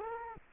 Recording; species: mosquito wingbeat signal from an infrared sensor; Culex quinquefasciatus